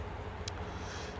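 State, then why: Seated. The side-opening half of a 2020 RAM 1500 Crew Laramie's split multifunction tailgate is swung fully open and locks into its open detent latch. A single short, sharp metallic click is heard at 0.5 s over a steady low background rumble. The tailgate door is seated in the open position.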